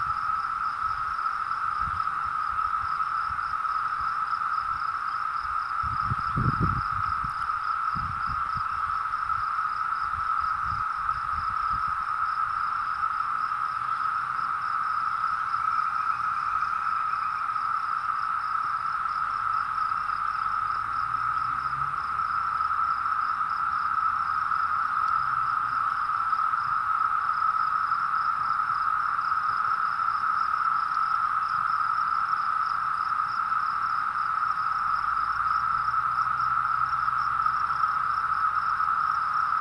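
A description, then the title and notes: Cicadas drone without pause, a dense, steady buzzing shrill that holds one pitch for the whole stretch, with a fainter, higher pulsing layer above it. Low rumbles pass underneath, a short thump near six seconds and soft vehicle-like swells later on. The Cicada Invasion. I recorded this on my phone when I went outside one morning. It sounded like the flying saucers in one of those old B-rated Science Fiction movies.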